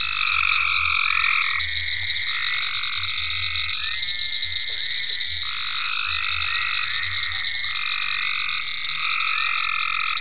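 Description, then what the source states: Many frogs trilling together, long buzzy calls overlapping one another, with a low rhythmic croaking beneath and a constant high whine. Frogs in ponds at Venaura farm, recorded 27 May 2010.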